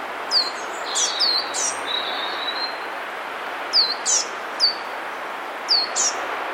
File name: Cyanistes caeruleus